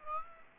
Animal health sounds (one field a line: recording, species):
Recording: mosquito wingbeat signal from an infrared sensor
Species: Aedes aegypti